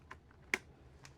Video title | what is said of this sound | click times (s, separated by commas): Building an All Intel Gaming Computer - Mistakes Were Made! | so you should get a click click when you do that | 0.1 s, 0.5 s